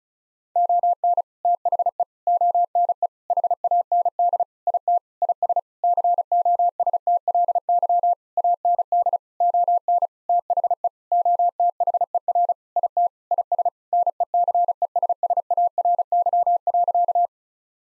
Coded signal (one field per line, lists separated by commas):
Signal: Morse code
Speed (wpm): 36 wpm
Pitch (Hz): 700 Hz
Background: none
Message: ON THE ONE HAND IT IS COSTLY AND ON THE OTHER IT IS NECESSARY.